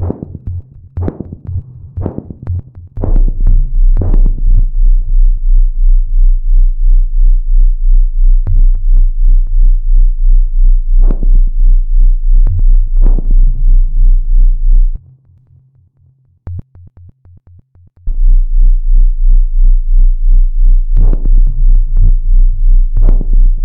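Steady, regular low thumping heartbeats of a cosmonaut, with dull repeated beats and a few louder ones, over a low electrical hum that drops out briefly near the end. A regular rhythm.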